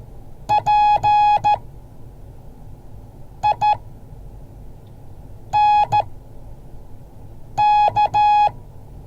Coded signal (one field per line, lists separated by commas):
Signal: Morse code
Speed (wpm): 13 wpm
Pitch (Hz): 840 Hz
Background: none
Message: PINK